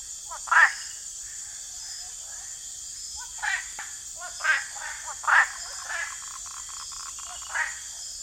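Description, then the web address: Rocket treefrog chorus with loud, rasping quack-like calls at irregular intervals, set against a continuous high insect hum. Nocturnal chorus of quacking river frogs, at night by a river. "nocturnal frog chorus quacking river frogs hypsiboas lancifo"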